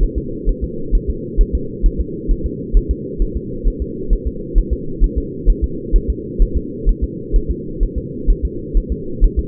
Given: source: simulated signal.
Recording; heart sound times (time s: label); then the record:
fetal heart sounds
0.03 s: S1
0.18 s: S2
0.49 s: S1
0.64 s: S2
0.95 s: S1
1.10 s: S2
1.41 s: S1
1.55 s: S2
1.86 s: S1
2.00 s: S2
2.31 s: S1
2.46 s: S2
2.77 s: S1
2.91 s: S2
3.22 s: S1
3.37 s: S2
3.68 s: S1
3.82 s: S2
4.13 s: S1
4.27 s: S2
4.58 s: S1
4.73 s: S2
5.04 s: S1
5.18 s: S2
5.50 s: S1
5.64 s: S2
5.96 s: S1
6.10 s: S2
6.42 s: S1
6.57 s: S2
6.89 s: S1
7.04 s: S2
7.36 s: S1
7.51 s: S2
7.83 s: S1
7.98 s: S2
8.30 s: S1
8.45 s: S2
8.77 s: S1
8.92 s: S2
9.24 s: S1
9.39 s: S2
From the record:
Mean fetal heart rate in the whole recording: 130 bpm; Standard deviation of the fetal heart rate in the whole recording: 2 bpm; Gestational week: 38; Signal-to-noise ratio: -4.3 dB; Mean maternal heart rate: 72 bpm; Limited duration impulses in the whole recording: absent